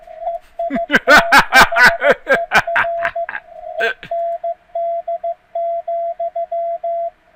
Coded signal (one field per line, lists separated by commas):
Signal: Morse code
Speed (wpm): 15 wpm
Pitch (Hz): 680 Hz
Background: speech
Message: EITHER END,